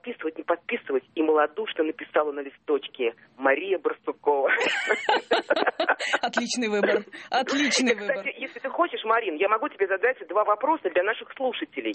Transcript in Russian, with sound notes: подписывать, не подписывать, – и малодушно написала на листочке Мария Барсукова. (СМЕЮТСЯ)
Отличный выбор.
Если хочешь, Марина, я могу тебе задать два вопроса для наших слушателей.